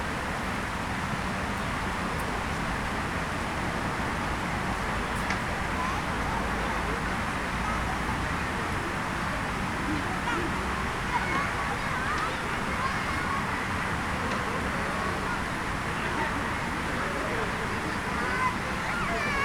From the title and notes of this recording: Children playing in a city centre park. A children's play area in a city centre park on a damp evening, just before dusk.